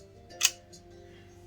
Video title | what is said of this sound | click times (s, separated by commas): greg peters "pops" fiero part 24 . decals and details. | And as you see, they snap right into place, | 0.5 s